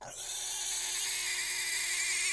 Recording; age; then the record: pig call; weaner (32 to 43 days)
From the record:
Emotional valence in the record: negative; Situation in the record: restrain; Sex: male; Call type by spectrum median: high-frequency call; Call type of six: high-frequency stable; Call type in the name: high-frequency stable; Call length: 2.4 s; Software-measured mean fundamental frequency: 282 Hz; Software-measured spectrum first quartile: 2936 Hz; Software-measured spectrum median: 5657 Hz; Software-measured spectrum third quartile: 8362 Hz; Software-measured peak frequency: 2292 Hz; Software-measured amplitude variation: 64 dB a second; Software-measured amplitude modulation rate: 29.6 a second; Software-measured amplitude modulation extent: 2.2 dB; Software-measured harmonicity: -0.8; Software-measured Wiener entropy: -1.37